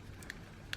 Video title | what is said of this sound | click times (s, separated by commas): SH Figuarts TMNT Leonardo Figure Review (w/ Mods) | huh oh there we go I knew it there's a pop | 0.7 s